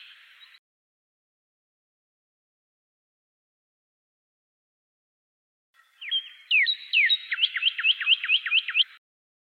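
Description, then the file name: Pyrrhuloxia song: a brief fragment at the start, a long silence, then a three-second phrase of clear slurred whistles that quickens into a rapid series. "suara kicauan burung pyrrhuloxia. omkicau"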